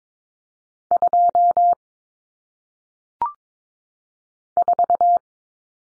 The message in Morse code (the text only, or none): 2 4